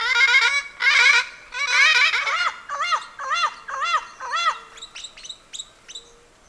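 Bird calls: loud harmonic notes grading into a series of arched notes that grow shorter and softer toward the end.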